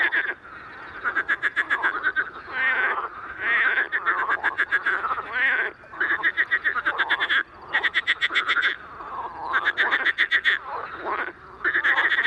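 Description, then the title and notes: Marsh frogs calling in a dense chorus, rapid rattling laugh-like pulse trains overlapping in repeated bursts. Evening recording at small Étang de Beaumont pond, 11 May 2019, rain all day, cool 14°C, frogs very active despite rain; Nagra Seven recorder, MKH40 microphone on a boom. "Soirée aux Grenouilles rieuses. 11 mai 2019-Étang de Beaumont - pluie - 14° - Nagra seven - mkh40 sur perche"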